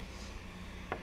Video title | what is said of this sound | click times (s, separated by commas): How to Set-up a WiFi Router & Wireless Printer Pt 3 of 5.mov | you put your finger under here and you pull this up and your control panel will lock into place | 0.9 s